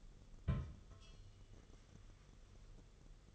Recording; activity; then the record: daily activity, microphone in the room; place on stove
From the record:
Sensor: 4